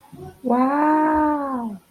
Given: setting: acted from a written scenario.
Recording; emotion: vocal sound without words; adoration